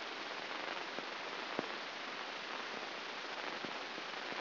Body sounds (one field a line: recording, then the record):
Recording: brain microelectrode recording played as sound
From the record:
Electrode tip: inside the subthalamic nucleus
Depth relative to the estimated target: -2 mm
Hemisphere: left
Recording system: AlphaMap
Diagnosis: Parkinson's disease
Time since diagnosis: 9 years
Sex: male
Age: 68 years